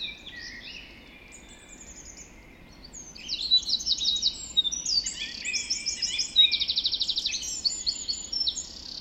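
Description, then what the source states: Birds in a dawn chorus, quiet chirping at first, then many loud overlapping trills and rapid repeated notes build up and continue. Dawn chorus recorded just after dawn in the Forest of Dean.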